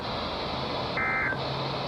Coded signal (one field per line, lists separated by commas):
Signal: Emergency Alert System (SAME) tones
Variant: end-of-message bursts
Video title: The Last NOAA Weather Radio Required Weekly Test for the Year 2020 (EAS #2068-2073)